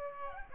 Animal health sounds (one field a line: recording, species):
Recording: mosquito wingbeat signal from an infrared sensor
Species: Aedes aegypti